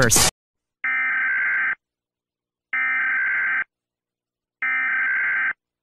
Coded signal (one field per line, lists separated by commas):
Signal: Emergency Alert System (SAME) tones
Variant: header bursts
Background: speech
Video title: EAS Scenario - No Way Out (REMAKE)